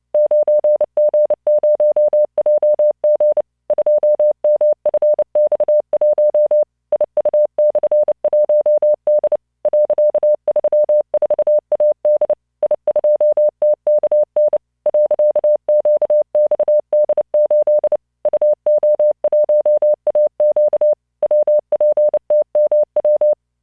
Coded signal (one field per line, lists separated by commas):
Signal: Morse code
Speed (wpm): 29 wpm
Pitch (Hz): 600 Hz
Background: none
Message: 9G0JG 2MFX1 IU/1D .34AD I2TKN .QXD8 UO1AQ WPTMW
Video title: tamanのモールス練習動画25（モールス信号 速度29WPM スペース標準 Learn Morse Code